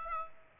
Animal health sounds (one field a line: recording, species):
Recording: mosquito wingbeat signal from an infrared sensor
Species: Aedes aegypti